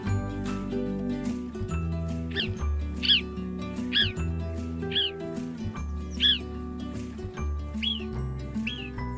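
Alpine marmot whistles, about seven sharp arched high calls in a row, heard over steady background music.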